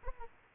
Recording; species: mosquito wingbeat signal from an infrared sensor; Aedes aegypti